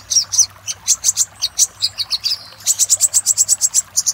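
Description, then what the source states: Little spiderhunter song: rapid series of sharp, high chipping notes, briefly pausing midway before a faster, steadier run of repeated chips. Master song used to train cage birds.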